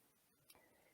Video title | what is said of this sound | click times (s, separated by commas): Get to know the Platinum™ Q - 160 & 165 Long Arm Quilting Machines | i'm going to show that in a second how it goes into the slot there and you'll hear a little click | 0.5 s